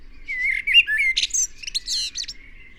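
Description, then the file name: Eurasian blackbird: a short fluty warble, then a burst of jumbled, high squeaky twitters. "Turdus merula"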